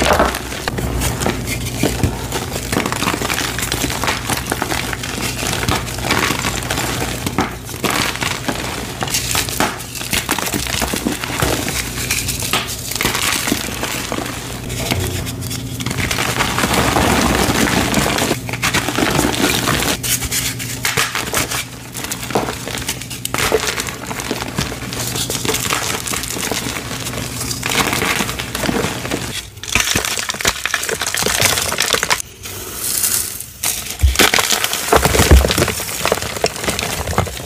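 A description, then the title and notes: Dyed gym chalk is crushed, making a continuous dry crumbling and crinkling that stays dense for the whole stretch. Brief pauses and sharper bursts break the texture, especially around 30 and 33 seconds, over a faint low hum. Pink Dyed Gym Chalk Crushing. Crispy pink dyed gym chalk crushes.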